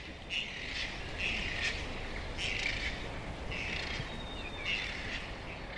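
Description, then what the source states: Kaka calls: harsh grating notes repeated several times over a steady broad background noise. Zealandia Sanctuary, Wellington, a predator-free sanctuary; the main call heard there, almost the soundscape of Wellington now; twenty years ago hearing one in Wellington was exciting, now they are everywhere.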